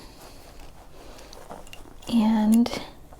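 A plastic KAM snap is handled with snap pliers through the bag fabric, with faint small ticks of handling around 1.3 to 1.9 seconds while someone talks briefly. The snap is not yet pressed home, and nothing has seated or clicked yet.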